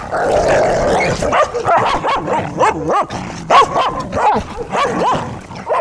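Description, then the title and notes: Domestic dog giving rapid yelping barks with rising and falling pitch, in a busy burst. Stray street dogs ('vira-latas') in a newly urbanized neighbourhood near Belo Horizonte, Brazil; dogs wore binaural microphones at ear level; July and September 2017. "Mutt dogs. enregistrée en binaural par des chiens d’un quartier récemment urbanisé en bordure de Belo Horizonte, au sud-est du Brésil. Les preneurs de son Marmita, Pretinha, Nina, Bob, Frida et Una. “vira-latas”. you bark when a motorcycle passes by"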